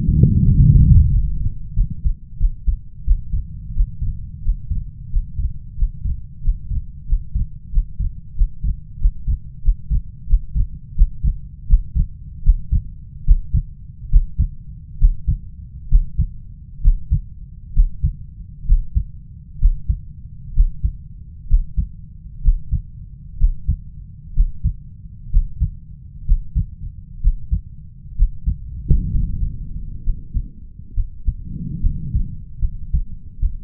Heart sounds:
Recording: heart sounds by stethoscope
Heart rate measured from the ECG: 75 bpm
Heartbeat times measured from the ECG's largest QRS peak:
0.46 s: heartbeat
1.09 s: heartbeat
1.74 s: heartbeat
2.38 s: heartbeat
3.04 s: heartbeat
3.74 s: heartbeat
4.42 s: heartbeat
5.10 s: heartbeat
5.76 s: heartbeat
6.42 s: heartbeat
7.06 s: heartbeat
7.71 s: heartbeat
8.35 s: heartbeat
8.99 s: heartbeat
9.62 s: heartbeat
10.27 s: heartbeat
10.95 s: heartbeat
11.67 s: heartbeat
12.43 s: heartbeat
13.24 s: heartbeat
14.09 s: heartbeat
14.98 s: heartbeat
15.89 s: heartbeat
16.82 s: heartbeat
17.73 s: heartbeat
18.66 s: heartbeat
19.59 s: heartbeat
20.54 s: heartbeat
21.48 s: heartbeat
22.42 s: heartbeat
23.38 s: heartbeat
24.34 s: heartbeat
25.30 s: heartbeat
26.25 s: heartbeat
27.21 s: heartbeat
28.16 s: heartbeat
29.10 s: heartbeat
30.04 s: heartbeat
30.94 s: heartbeat
31.81 s: heartbeat
32.59 s: heartbeat
33.40 s: heartbeat
From the record:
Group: healthy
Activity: breath hold 1-31 s, rest 31-34 s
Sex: male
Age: 20 years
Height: 187 cm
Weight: 68.9 kg

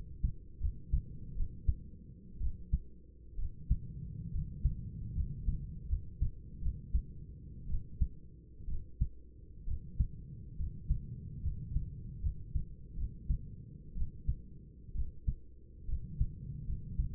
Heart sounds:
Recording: heart sounds by stethoscope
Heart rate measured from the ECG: 67 bpm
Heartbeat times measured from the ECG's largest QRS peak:
0.60 s: heartbeat
1.35 s: heartbeat
2.40 s: heartbeat
3.38 s: heartbeat
4.33 s: heartbeat
5.15 s: heartbeat
5.88 s: heartbeat
6.61 s: heartbeat
7.68 s: heartbeat
8.68 s: heartbeat
9.67 s: heartbeat
10.58 s: heartbeat
11.43 s: heartbeat
12.22 s: heartbeat
12.96 s: heartbeat
13.95 s: heartbeat
14.95 s: heartbeat
15.88 s: heartbeat
16.67 s: heartbeat
From the record:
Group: healthy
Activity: rest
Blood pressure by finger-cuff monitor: 122/67 mmHg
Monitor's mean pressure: 85 mmHg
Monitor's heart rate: 66 bpm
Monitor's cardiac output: 8 L/min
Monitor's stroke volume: 115 mL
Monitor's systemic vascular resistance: 790 dyn s/cm5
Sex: male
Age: 24 years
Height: 184 cm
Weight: 89 kg

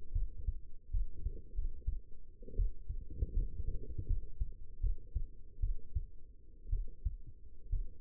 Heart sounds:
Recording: heart sounds by stethoscope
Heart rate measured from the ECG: 71 bpm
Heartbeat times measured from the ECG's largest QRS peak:
0.12 s: heartbeat
0.91 s: heartbeat
1.55 s: heartbeat
2.56 s: heartbeat
3.33 s: heartbeat
4.07 s: heartbeat
4.80 s: heartbeat
5.60 s: heartbeat
6.70 s: heartbeat
7.70 s: heartbeat
From the record:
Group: healthy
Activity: cold pressor test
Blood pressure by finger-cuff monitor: 154/86 mmHg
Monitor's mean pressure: 112 mmHg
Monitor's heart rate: 77 bpm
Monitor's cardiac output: 6.4 L/min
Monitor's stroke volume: 90 mL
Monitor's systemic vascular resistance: 1250 dyn s/cm5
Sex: female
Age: 22 years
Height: 171 cm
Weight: 65.6 kg

